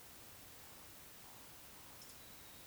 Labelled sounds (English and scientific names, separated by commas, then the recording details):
Eurasian Woodcock (Scolopax rusticola) whistle, Eurasian Woodcock (Scolopax rusticola) croak
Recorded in Baden-Württemberg, Germany, on 19 June 2020 at 19:34 UTC
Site 49006, 684 m above sea level